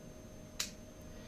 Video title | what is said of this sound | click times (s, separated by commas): Dan Wesson 715 - 6" SIlver Unboxing | So you got to make sure you get that second click, which is very noticeable. Listen. Once you hear that click, it is good to go. | 0.6 s